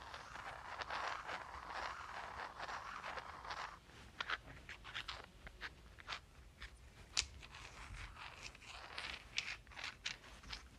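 Rocks rub in a steady gritty scrape for four seconds, then give way to sparser sharp clicks and short scrapes over a low rumble.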